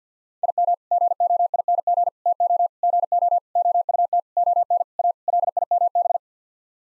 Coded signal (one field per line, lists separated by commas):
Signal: Morse code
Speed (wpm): 50 wpm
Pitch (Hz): 700 Hz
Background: none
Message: IM GOING TO GO OUT ON A LIMB